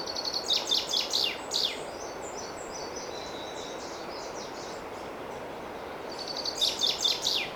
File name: Fringilla coelebs